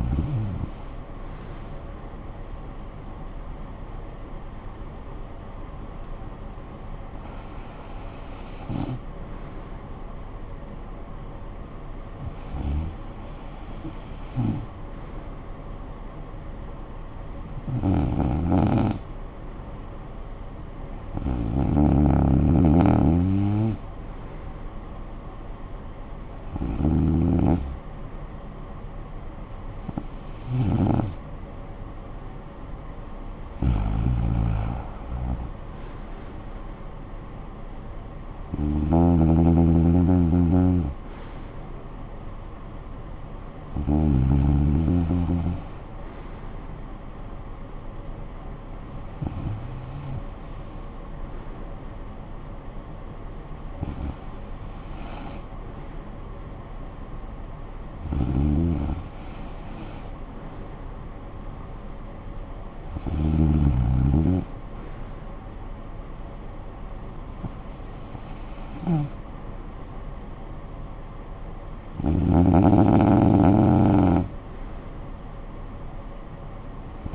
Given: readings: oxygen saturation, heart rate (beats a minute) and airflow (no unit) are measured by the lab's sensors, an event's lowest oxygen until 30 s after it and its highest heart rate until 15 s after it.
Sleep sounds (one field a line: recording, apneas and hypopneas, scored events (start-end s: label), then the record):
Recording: breathing in sleep by a smartphone at the bedside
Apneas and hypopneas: none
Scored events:
none scored
From the record:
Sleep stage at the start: REM sleep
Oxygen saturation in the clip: 93 to 96%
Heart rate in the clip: 56 to 65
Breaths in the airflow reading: 16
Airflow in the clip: -13.2 to 8.5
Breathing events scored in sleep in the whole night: 445 in 7.6 hours asleep